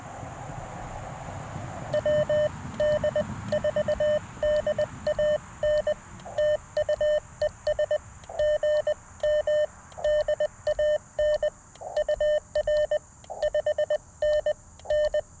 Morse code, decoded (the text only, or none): WD4DAN TU ES GM DAN UR 5NN